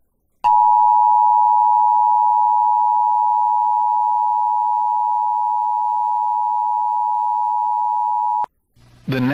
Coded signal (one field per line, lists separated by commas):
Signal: Emergency Alert System (SAME) tones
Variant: 853 and 960 Hz attention tone